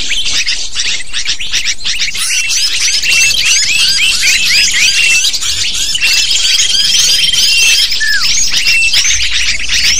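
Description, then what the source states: Lovebird chatter, rapid shrill chirps in overlapping waves, with a thin steady whistle and a downward squeal late on. Lure used to attract lovebirds.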